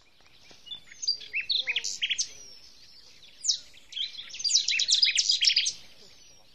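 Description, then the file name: Common nightingale song: varied phrases of sharp chirps, short trills and whistled notes in bursts, then a brief pause before a rapid chattering sequence near the end. "Luscinia megarhynchos"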